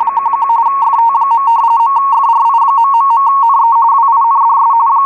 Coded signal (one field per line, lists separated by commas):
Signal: RTTY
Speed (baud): 45.45 baud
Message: 11 FT. .FRI...NE WINDS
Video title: WLO 8472 KHZ USB RTTY Weather Broadcast using MultiPSK and Winradio Excalibur Pro